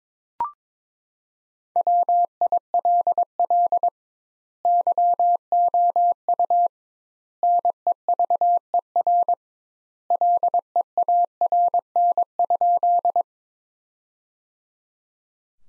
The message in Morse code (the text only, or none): WILL YOU NEVER LEARN?